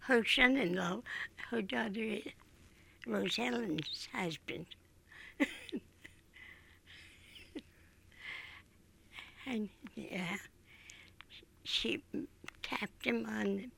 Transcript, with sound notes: Her son-in-law, her daughter Rose Ellen's husband. [Laughs] And, yeah, she tapped him on